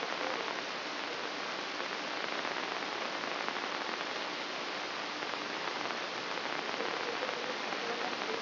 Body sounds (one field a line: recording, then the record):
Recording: brain microelectrode recording played as sound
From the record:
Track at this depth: inside the subthalamic nucleus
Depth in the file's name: 4.265 mm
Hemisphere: left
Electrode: 3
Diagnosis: Parkinson's disease